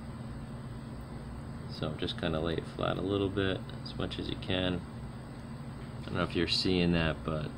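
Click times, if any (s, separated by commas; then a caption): none. A display flex cable for an Apple Watch Series 1 42mm LCD is positioned and laid flat over its logic board socket before being pressed in, while someone talks over a steady background hum. Nothing has seated or clicked yet.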